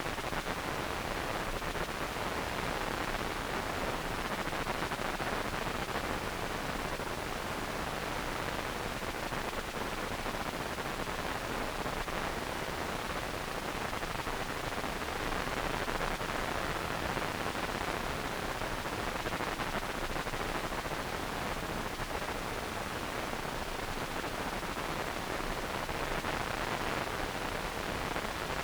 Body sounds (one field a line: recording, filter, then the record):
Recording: brain microelectrode recording played as sound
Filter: wide band, above 20 Hz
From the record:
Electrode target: subthalamic nucleus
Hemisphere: right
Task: reaching with the left hand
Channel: 2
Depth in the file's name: 5.102 mm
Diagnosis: Parkinson's disease